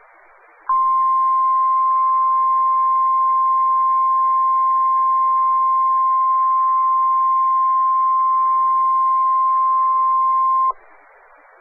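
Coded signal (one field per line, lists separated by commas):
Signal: Emergency Alert System (SAME) tones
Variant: 1050 Hz attention tone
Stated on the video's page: Recorded from an online stream of a NOAA Weather Radio station in Melbourne, Florida, carrying Hurricane Sandy alerts.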